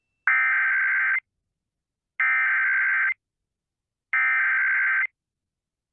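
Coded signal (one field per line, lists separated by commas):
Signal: Emergency Alert System (SAME) tones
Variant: header bursts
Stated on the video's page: AMBER Alert for a Missouri statewide child abduction emergency, broadcast on KTTS-FM.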